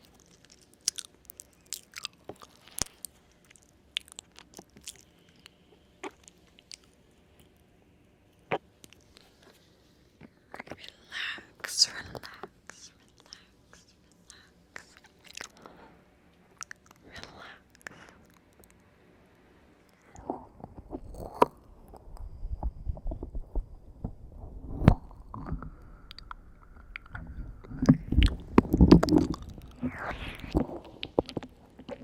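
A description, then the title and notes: Ear noms: chewing and biting sounds, with sharp clicks and crunchy bites scattered irregularly through the first twenty seconds over a faint low hum. Around 20 seconds it turns denser and rumblier, with heavier, wetter chewing, a brief steady tone near 26 seconds, and loud bursts near 29 seconds. ASMR Halloween Ear Noms.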